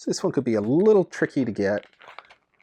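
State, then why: Not seated. Someone talks while handling the small hinged side panel on a NECA Batman 1989 replica utility belt, trying to open it. Faint clicks and handling sounds follow at about 2.2 s and 2.3 s. Nothing has seated or clicked home yet.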